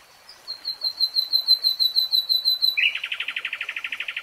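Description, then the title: Nightingale song: a long series of pure high whistled pips, then a rapid, rolling trill of lower throbbing notes. Nightingale singing, recorded in real time. "[Tiếng chim hót] 3 Hours REALTIME Nightingale Singing"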